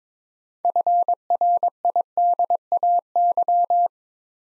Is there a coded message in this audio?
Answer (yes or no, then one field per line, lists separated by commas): yes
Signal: Morse code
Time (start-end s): 0.6-3.9 s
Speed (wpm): 22 wpm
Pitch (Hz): 700 Hz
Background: none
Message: FRIDAY